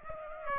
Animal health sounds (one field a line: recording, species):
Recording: mosquito wingbeat signal from an infrared sensor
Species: Aedes aegypti